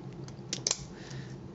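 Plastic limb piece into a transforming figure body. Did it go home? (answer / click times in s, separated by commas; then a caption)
yes / 0.7 s. A plastic limb piece is brought back in on a Fansproject Diesel (Intimidator) transforming toy figure body, giving a few faint plastic ticks around 0.3 and 0.5 seconds. It then snaps home with a sharp, bright click at 0.7 seconds, followed by a quick second tick just after. The piece is seated, clicked into place.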